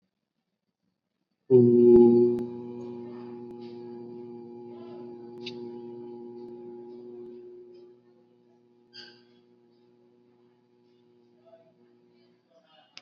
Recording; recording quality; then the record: sustained vowel as in boot; excellent, no background noise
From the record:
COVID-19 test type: RT-PCR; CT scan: not taken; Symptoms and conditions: cough, sore throat, fever, fatigue, muscle pain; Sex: male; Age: 21 years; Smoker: no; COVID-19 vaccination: both doses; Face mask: worn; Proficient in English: yes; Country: India